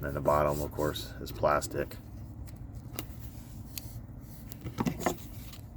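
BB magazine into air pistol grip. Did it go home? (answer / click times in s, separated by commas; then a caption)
no / none. A BB magazine is handled at the grip of a Beretta M84 FS 4.5mm CO2 air pistol replica from Umarex while someone talks. A few short, sharp taps are heard near 3.0, 3.8 and 5.1 seconds. The magazine has not yet clicked into the grip, and nothing has seated by the end of the clip.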